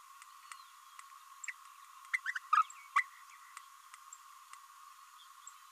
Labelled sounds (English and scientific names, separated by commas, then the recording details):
Green-rumped Parrotlet (Forpus passerinus) babbling
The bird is a male
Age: 27 days
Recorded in a nest box in Venezuela
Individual 17B32A6